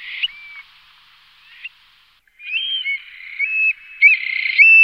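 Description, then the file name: Eurasian stone-curlew calling: a few clear whistled notes, a brief pause, then a run of level, wailing whistles. "Avdotka"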